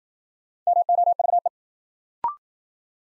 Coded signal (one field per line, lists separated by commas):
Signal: Morse code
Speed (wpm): 53 wpm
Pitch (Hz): 700 Hz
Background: none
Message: MOVE